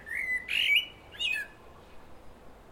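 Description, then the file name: Common blackbird giving a short song phrase: a smooth whistle followed by two brief squeaky flourishes, then quiet. "Turdus merula"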